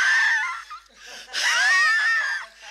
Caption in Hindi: उनकी खांसी, खांसने का बड़ा अजीब और गरीब स्टाइल था, जब वो खांसते थे तो ऐसा लग रहा था कि जैसे कोई रॉकेट, हवाई जहाज आसमान की तरफ हाई स्पीड में चला जा रहा हो।. ये उनके खांसी की आवाज।.